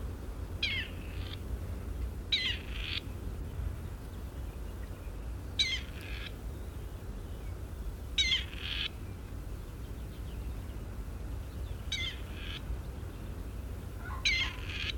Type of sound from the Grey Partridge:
call